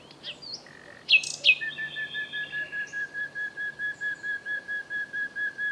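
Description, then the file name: Common nightingale song: a few soft notes, two loud sharp notes, then a long, even series of pure whistled notes at a steady pitch. "Luscinia megarhynchos"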